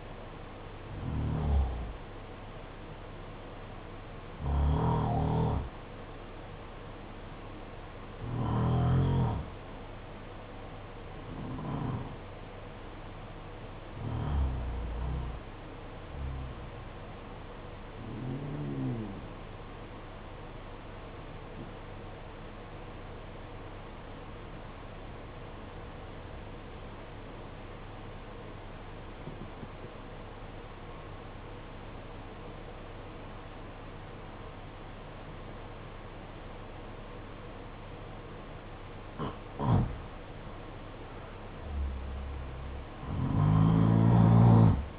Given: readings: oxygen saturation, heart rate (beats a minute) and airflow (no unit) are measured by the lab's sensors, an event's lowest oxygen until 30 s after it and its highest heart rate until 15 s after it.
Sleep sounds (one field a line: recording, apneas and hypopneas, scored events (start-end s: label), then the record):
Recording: breathing in sleep by a voice recorder at the bedside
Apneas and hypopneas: 1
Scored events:
21.00-39.60 s: obstructive apnea (N2, oxygen 92% highest, then 84% lowest, heart rate 52 at the start, 66 highest)
From the record:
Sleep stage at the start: N2 (light sleep)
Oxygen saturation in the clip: 89 to 95%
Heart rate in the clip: 50 to 57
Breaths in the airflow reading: 8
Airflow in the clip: -10.4 to 12.7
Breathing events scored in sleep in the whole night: 476 in 9.7 hours asleep